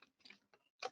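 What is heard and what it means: A compartment cover on a prototype mount or case accessory is pried open carefully for fear of breaking it. A few small, faint ticks come first, near 0.0, 0.3 and 0.5 seconds, followed by a sharper, louder click at 0.8 s as the cover pops open.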